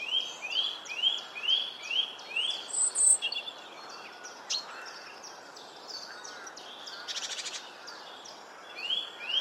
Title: Robin Birds Chirping